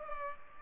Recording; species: mosquito wingbeat signal from an infrared sensor; Culex pipiens